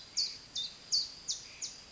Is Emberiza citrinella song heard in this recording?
no